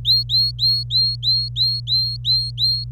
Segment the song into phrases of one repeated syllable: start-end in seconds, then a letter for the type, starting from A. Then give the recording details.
0.05-2.84 A. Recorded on 26 April 2018 at 08:25. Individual llb3